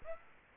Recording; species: mosquito wingbeat signal from an infrared sensor; Aedes aegypti